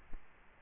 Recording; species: mosquito wingbeat signal from an infrared sensor; Culex quinquefasciatus